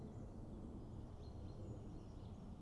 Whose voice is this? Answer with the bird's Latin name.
Fringilla coelebs